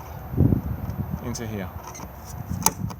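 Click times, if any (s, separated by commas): 2.7 s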